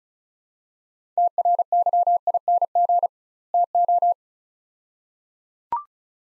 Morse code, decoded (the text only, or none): TRYING TO